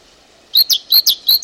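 Great tit song: three quick two-note phrases, each a steady note followed by a higher, descending note, repeated steadily in a clear rhythm.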